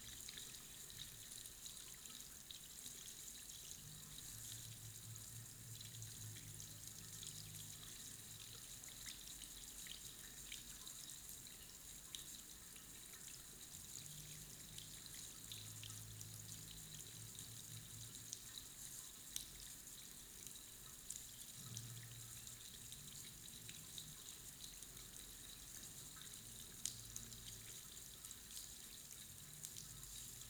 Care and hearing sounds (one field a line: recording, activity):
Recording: daily activity, guitar pickup as the sensor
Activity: wash hands